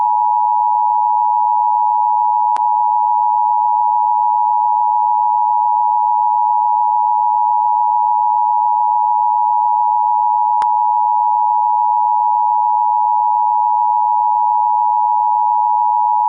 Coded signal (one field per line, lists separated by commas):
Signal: Emergency Alert System (SAME) tones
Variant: 853 and 960 Hz attention tone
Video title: EAS Scenario: Pup Academy